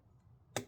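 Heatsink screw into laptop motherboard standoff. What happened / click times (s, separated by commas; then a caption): Screw thread dropped into its start with a click / 0.6 s. The third bottom screw of a Lenovo ThinkPad X1 Carbon Gen 10 CPU heatsink is twisted backwards into a laptop motherboard standoff. After low background hum, a single sharp, bright click at 0.6 s marks the thread start dropping into the hole, seated and ready to be tightened forward.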